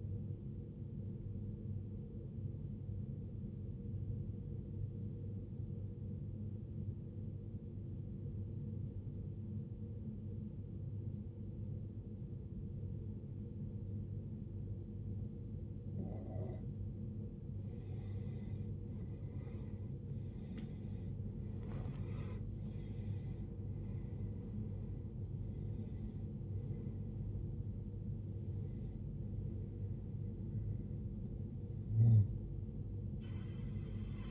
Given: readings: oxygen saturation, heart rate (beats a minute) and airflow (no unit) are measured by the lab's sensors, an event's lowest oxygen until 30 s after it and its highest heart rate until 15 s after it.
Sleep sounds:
breathing in sleep by a smartphone at the bedside; 1
7.00-19.50 s: obstructive apnea (N2, oxygen 94% highest, then 83% lowest, heart rate 68 at the start, 79 highest)
10.00-34.31 s: new sleep stage, N1 (lightest sleep)
From the record:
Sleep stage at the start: N2 (light sleep); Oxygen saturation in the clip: 86 to 95%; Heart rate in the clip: 57 to 79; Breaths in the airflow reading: 6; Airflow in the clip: -18.7 to 17.2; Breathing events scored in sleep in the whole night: 389 in 6.3 hours asleep

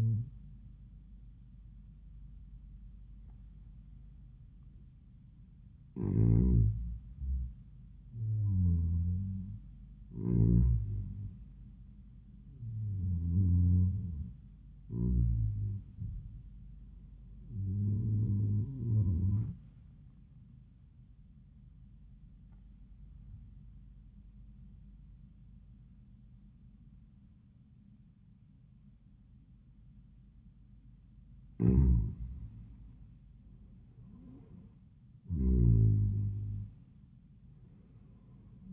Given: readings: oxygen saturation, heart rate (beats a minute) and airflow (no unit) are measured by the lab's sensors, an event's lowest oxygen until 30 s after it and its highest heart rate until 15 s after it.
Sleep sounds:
breathing in sleep by a smartphone at the bedside; 2
4.00-15.70 s: hypopnea (N1, oxygen 95% highest, then 90% lowest)
21.00-32.50 s: obstructive apnea (N1, oxygen 95% highest, then 87% lowest)
From the record:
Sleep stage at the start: N1 (lightest sleep); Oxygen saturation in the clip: 92 to 96%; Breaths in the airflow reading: 6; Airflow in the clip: -17.7 to 16.1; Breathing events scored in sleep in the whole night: 400 in 8.7 hours asleep

